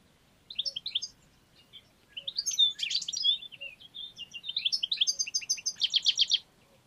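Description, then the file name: European goldfinch twittering rapidly, mixing sharp chirps, buzzy trills and tinkling notes in a continuous rambling phrase that ends in a fast stuttering run. "Carduelis carduelis"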